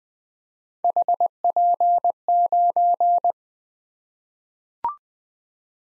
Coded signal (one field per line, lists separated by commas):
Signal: Morse code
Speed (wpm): 20 wpm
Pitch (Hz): 700 Hz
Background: none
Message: HP9